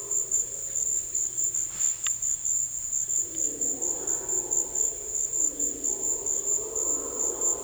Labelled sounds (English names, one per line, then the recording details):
none
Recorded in dense forest near Puerto Asís, Putumayo, Colombia, on 22 December 2024 at 16:30
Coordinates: 0.486, -76.317
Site G003